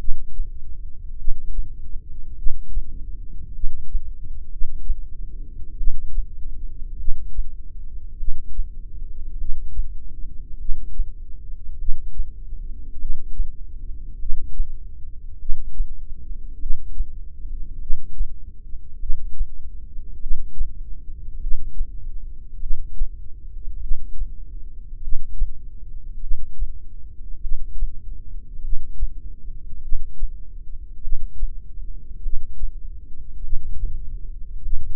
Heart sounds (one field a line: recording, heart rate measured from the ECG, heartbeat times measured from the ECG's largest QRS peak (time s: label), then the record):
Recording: heart sounds by microphone in the left ear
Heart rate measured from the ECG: 50 bpm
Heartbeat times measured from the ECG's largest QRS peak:
1.19 s: heartbeat
2.37 s: heartbeat
3.55 s: heartbeat
4.51 s: heartbeat
5.79 s: heartbeat
6.99 s: heartbeat
8.19 s: heartbeat
9.40 s: heartbeat
10.60 s: heartbeat
11.80 s: heartbeat
13.00 s: heartbeat
14.21 s: heartbeat
15.41 s: heartbeat
16.61 s: heartbeat
17.81 s: heartbeat
19.01 s: heartbeat
20.22 s: heartbeat
21.42 s: heartbeat
22.62 s: heartbeat
23.82 s: heartbeat
25.02 s: heartbeat
26.22 s: heartbeat
27.43 s: heartbeat
28.63 s: heartbeat
29.83 s: heartbeat
31.03 s: heartbeat
32.24 s: heartbeat
33.44 s: heartbeat
34.64 s: heartbeat
From the record:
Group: heart failure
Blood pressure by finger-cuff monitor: 112/55 mmHg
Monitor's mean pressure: 71 mmHg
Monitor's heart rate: 50 bpm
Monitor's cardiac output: 4.8 L/min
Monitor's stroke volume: 95 mL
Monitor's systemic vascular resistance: 1080 dyn s/cm5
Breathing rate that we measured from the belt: 16 breaths a minute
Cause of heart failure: cardiac sarcoid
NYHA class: 1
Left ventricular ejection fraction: 39%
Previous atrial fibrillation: present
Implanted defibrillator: present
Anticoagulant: apixaban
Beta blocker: carvedilol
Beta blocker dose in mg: 50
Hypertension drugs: ramipril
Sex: male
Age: 79 years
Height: 184 cm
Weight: 92.5 kg